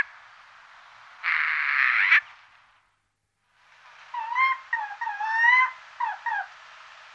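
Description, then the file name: Eurasian jay with a short harsh screech, a brief pause, then a series of rising and falling whistled and mewing notes. "sojka-obecná"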